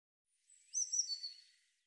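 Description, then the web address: Eurasian blue tit call: a short burst of a few high, thin notes sliding slightly downward. Audio was cleaned and normalized. "cianscape birddata Deverinetal 2025 File cleaned normalized Bird Cy Ca"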